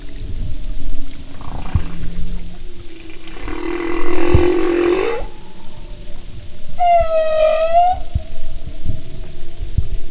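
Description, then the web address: Humpback whale song, a broad rough grunting roar lasting about two seconds, then a clear tonal moan with stacked harmonics that dips and rises, amid low rumbling. "Sound and Marine Mammals humpback"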